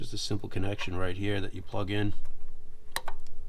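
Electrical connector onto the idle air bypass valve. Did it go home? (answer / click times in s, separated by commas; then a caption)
yes / 3.0 s. Someone talks while a plastic electrical connector is plugged onto the idle air bypass valve during throttle body gasket kit maintenance on a Fox Body. The connector snaps into place with a sharp click at 3.0 s, followed by two fainter ticks. The connector is fully seated.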